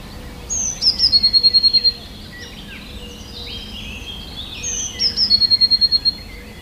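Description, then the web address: Eurasian blue tit delivers two songs, high sliding notes then a bright rapid trill. "wroblowe teka spiew. modraszkoteka"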